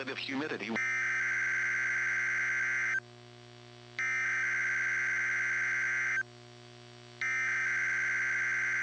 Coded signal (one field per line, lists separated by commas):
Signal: Emergency Alert System (SAME) tones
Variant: header bursts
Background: speech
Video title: HELLO EVERYONE EAS Tests From 8/4/21 (EAS #780-787)